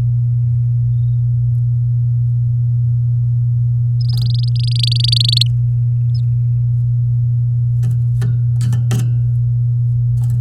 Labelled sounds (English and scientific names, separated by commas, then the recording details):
Domestic Canary (Serinus canaria) song
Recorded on 9 May 2018 at 06:30
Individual llb16